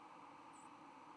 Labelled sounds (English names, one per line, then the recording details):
White-throated Sparrow flight call
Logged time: 10:13 on 10 November 2014